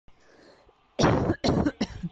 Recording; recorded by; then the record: voluntary cough; messaging app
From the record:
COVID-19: negative